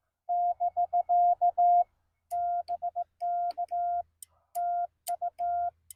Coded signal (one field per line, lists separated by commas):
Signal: Morse code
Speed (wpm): 17 wpm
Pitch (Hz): 690 Hz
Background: none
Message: <BK> BK TU